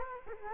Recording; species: mosquito wingbeat signal from an infrared sensor; Culex quinquefasciatus